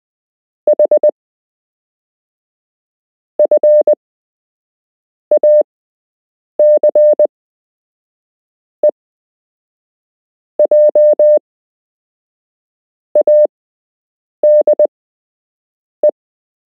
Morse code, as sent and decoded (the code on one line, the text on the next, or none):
.... / ..-. / .- -.-. / . / .--- / .- -.. / .
H F AC E J AD E